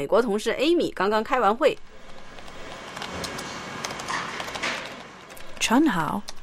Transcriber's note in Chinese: Office ambience